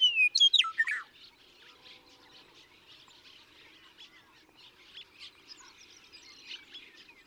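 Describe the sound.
Western meadowlark opening with a bright, fluty phrase of falling whistles and a quick warble, followed by a soft chorus of other chirping birds.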